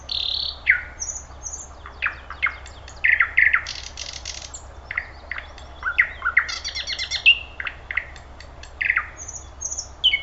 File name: thrush nightingale